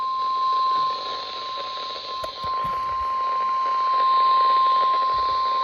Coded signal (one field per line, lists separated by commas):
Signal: Emergency Alert System (SAME) tones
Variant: 1050 Hz attention tone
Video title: EAS #289 RWT on WWG53 Parker, PA (First 993 Activation!)